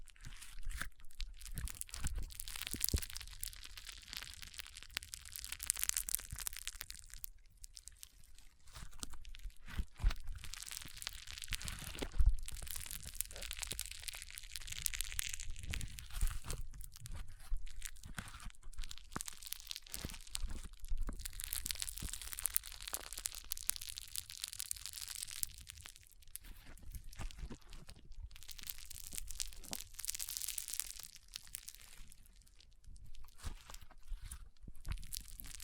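Dense, crackling foam rubbing and squishing comes in long rising and falling waves, bright crinkly hiss with soft low thumps underneath.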